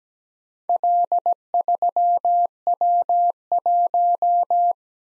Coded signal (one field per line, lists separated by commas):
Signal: Morse code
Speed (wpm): 17 wpm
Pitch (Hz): 700 Hz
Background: none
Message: L3W1